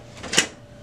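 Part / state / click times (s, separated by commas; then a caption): toner cartridge into laser printer toner drawer / seated / 0.4 s. A new 046 or 046H toner cartridge is pushed into its color-coded slot in the toner drawer of a Canon Color imageCLASS LBP654cdw laser printer. A single sharp, bright click is heard at 0.4 s against a quiet background. The cartridge is seated in place.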